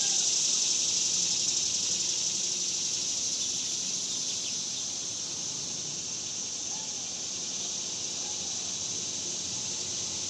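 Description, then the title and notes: Cicadas buzzing in an unbroken high, hissing chorus that is louder at the start and then levels off, with faint chirps. Cicadas outdoors in summer in the suburbs. "Ext Summer Cicadas, Suburbs by Bandeto"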